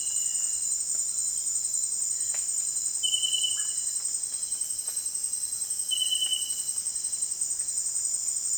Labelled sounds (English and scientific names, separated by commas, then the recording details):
none
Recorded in dense forest near Puerto Asís, Putumayo, Colombia, on 29 June 2025 at 18:00
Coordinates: 0.484, -76.325
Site H65